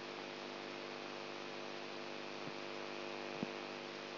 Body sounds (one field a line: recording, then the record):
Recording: brain microelectrode recording played as sound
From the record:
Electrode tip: outside the subthalamic nucleus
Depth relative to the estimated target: -5 mm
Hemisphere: right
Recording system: AlphaMap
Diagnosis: Parkinson's disease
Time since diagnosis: 20 years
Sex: female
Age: 64 years